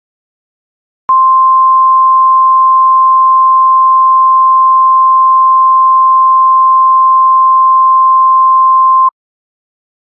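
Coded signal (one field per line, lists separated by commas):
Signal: Emergency Alert System (SAME) tones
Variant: 1050 Hz attention tone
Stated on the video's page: Fictional EAS scenario, not a real alert.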